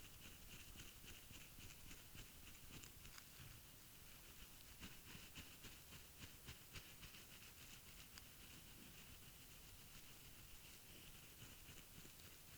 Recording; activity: daily activity, guitar pickup as the sensor; brush teeth